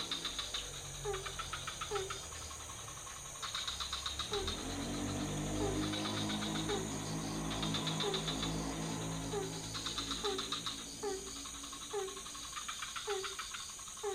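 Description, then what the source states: Frogs calling with regular short croaks and pulsed trills, while a motorbike engine rumbles past in the middle, under a steady high insect drone. Several frog species in a pond near a hotel, night, Ubud, Bali, Indonesia; motorbikes passing; recorded with Sony PCM D50, Rode NT4, Rode boompole.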